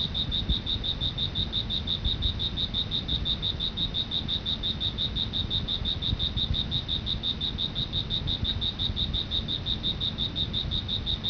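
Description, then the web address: Cricket chirping, a steady high-pitched pulsed trill of even pulses throughout, over a low rumbling background noise. "特酷声音素材库 动物 昆虫 蟋蟀"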